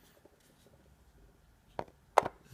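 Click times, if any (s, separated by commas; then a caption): 2.2 s. A removable bone piece of a plastic anatomical skull model is pushed back onto the skull. A lighter knock at about 1.8 s is followed by a sharp, loud knock at 2.2 s. The piece seats and fits into place.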